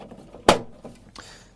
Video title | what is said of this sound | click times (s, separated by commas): 3 Phase Distribution Board YouTube | plastic covers back in position it's just a snap into place there | 0.5 s